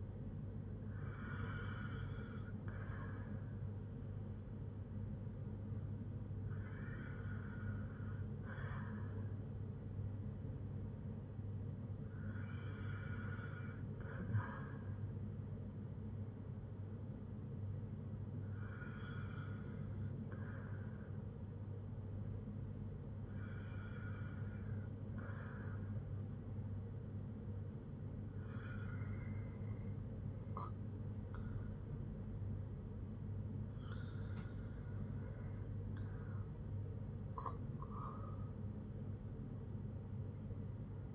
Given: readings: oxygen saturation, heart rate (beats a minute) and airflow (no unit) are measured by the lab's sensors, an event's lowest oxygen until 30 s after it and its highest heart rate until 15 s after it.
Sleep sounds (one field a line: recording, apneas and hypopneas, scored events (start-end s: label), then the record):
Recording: breathing in sleep by a smartphone at the bedside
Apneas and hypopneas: none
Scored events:
none scored
From the record:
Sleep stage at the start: N1 (lightest sleep)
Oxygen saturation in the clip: 92 to 96%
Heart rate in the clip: 57 to 67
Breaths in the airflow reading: 7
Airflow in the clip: -6.5 to 6.2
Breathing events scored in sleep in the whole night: 182 in 7.4 hours asleep